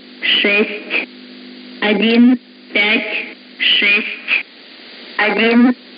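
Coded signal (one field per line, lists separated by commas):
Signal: numbers station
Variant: S06s, Russian female voice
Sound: a female voice reading about five short evenly spaced words, likely numbers, over radio hum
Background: radio hum and static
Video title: 21 01 2022 Number station S06s Russian Lady in Russian to Eu 0840 on 12153 unknown tx site in CUSB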